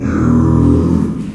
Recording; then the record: squeal of a Yucatan mini pig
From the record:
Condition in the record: after surgery on the right vocal fold (resection and tissue-engineered implant); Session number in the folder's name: 11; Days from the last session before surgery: 98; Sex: female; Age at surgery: 19 weeks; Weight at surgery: 25 kg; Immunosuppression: prednisolone